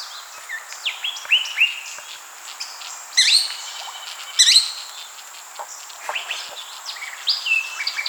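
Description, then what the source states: Sinaloa wren song, clear whistled notes and two loud, rapid rolling phrases, over a constant high insect hum. Arizona.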